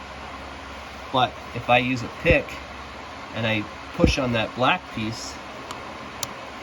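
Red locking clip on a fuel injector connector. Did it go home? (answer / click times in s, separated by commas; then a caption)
released / 5.7 s, 6.2 s. Someone talks while a pick pushes on the black piece of a fuel injector connector on a 5.7 Hemi Jeep Grand Cherokee WK2 as the red plastic locking clip is pulled. The red locking clip pops out with sharp clicks at 5.7 s and 6.2 s, and is released.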